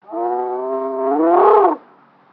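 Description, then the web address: Camel giving a single drawn-out bleat, harmonic and steady, then swelling louder and rising slightly before breaking off after nearly two seconds. "SFXSource. Camel Single Bleat"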